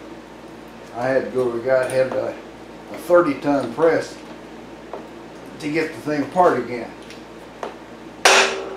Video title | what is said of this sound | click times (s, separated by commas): Motorcycle crankshaft rebuilding | All right. I heard it pop. | 8.3 s